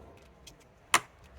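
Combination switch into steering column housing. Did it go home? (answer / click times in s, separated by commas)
yes / 0.9 s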